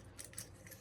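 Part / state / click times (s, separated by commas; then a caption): stripped screw in RC crawler chassis / stripped / none. A better driver bit is tried on an already stripped-out screw in an RC crawler truck's skid plate or chassis, giving short metallic ticks and scrapes near 0.2, 0.3, 0.4, 0.7 and 0.8 seconds. The bit slips on the stripped screw head without gripping, so nothing has seated or clicked yet and the screw stays stripped.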